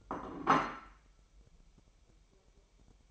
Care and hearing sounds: daily activity, microphone in the room; place plate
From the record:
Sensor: 1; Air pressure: 1002.0 hPa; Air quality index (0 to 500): 243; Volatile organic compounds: 48 ppm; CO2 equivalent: 3269 ppm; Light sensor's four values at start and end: 8/28/10/11 and 8/28/10/11

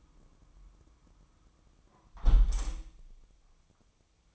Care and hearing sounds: daily activity, microphone in the room; close window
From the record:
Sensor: 1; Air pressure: 1004.6 hPa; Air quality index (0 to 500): 104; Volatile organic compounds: 3 ppm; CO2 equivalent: 1428 ppm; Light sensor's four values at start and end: 9/21/8/9 and 8/21/8/9

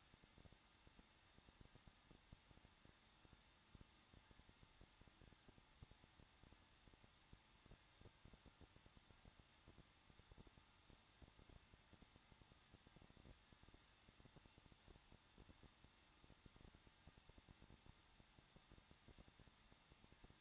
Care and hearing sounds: daily activity, microphone in the room; no activity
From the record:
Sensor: 3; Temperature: 21.2 degrees Celsius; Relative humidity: 36.4%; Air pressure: 1006.4 hPa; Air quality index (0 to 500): 223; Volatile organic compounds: 42 ppm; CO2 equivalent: 3186 ppm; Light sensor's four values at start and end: 2/3/2/2 and 2/3/2/2

